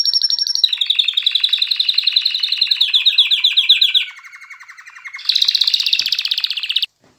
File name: canary